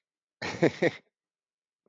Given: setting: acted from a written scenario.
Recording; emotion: vocal sound without words; amusement